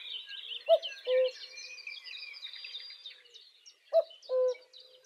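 Cuckoo with two clear descending cu-coo calls about three seconds apart, backed by a steady chorus of high chirping birds.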